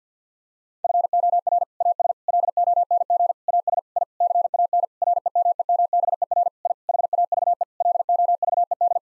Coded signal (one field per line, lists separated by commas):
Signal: Morse code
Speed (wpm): 50 wpm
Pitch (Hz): 700 Hz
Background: none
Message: FOR AS LONG AS I CAN REMEMBER I HAVE LOVED